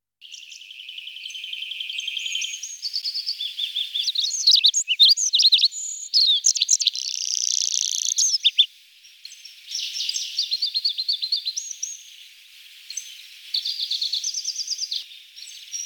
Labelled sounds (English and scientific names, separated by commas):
Olive-backed Pipit (Anthus hodgsoni) song